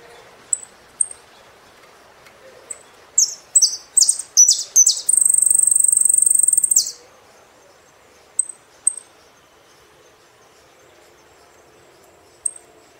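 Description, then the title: Saffron finch song: scattered thin high chips, then a burst of slurred falling notes and a long buzzy high trill, followed by a few more sparse chips. "Jilguero Argentino"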